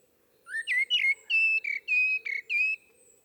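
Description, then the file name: Common blackbird song: a fluty whistled phrase of several mellow notes near the same pitch, lasting about two seconds. "Turdus merula"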